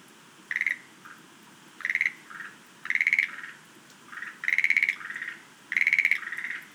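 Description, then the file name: Schlegel's green tree frog calling: several pulsed rattling calls, each followed by a softer note. "rodolphe alexis - rhacophorus schlegelii"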